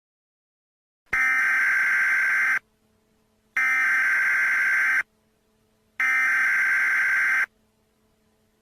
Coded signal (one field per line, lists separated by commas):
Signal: Emergency Alert System (SAME) tones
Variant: header bursts